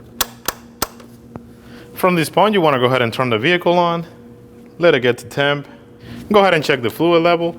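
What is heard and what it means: A plastic oil filler cap is screwed back onto the engine valve cover filler neck of a 2011–2016 Kia Optima 2.4L L4 and turned until its built-in ratchet slips at its set tightness. It gives three sharp, loud clicks at 0.2, 0.5 and 0.8 seconds, showing the cap is tightened. Then someone talks.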